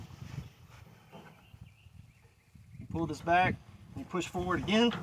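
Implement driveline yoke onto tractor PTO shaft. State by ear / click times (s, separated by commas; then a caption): not seated / none. An implement driveline yoke is slid along the splined PTO shaft of a Kubota L3800 tractor and lined up before being pushed home. Quiet low rumbling handling noise fills the first three seconds, then someone talks. Nothing has seated or clicked yet.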